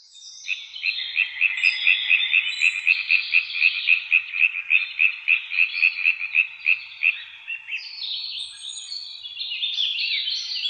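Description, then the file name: European tree frog calling, a fast series of rasping knocks, about four per second. Several tree frogs recorded at Witteveen, Netherlands. "Boomkikkers bij Witteveen - Sound Cloud - luc de bruijn"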